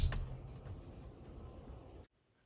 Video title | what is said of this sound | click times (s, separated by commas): Hansshow New design Yoke steering wheel | so the right side already popped now I'm going to be doing the left side until | 0.1 s